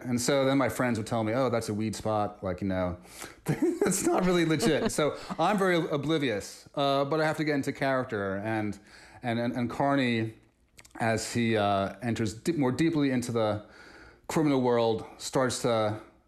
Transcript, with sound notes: And so then my friends would tell me, oh, that's a weed spot. Like, you know, (laughter) it's not really legit. So I'm very oblivious. But I have to get into character. And Carney, as he enters more deeply into the criminal world, starts to